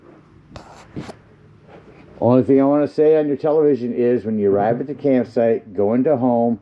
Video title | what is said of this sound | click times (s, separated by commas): 2024 Jayfeather 27BHB orientation | just snaps back in there by pushing it. | 0.6 s